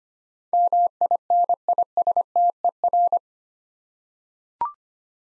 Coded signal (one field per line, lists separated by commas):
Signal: Morse code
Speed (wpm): 25 wpm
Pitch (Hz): 700 Hz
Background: none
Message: MINISTER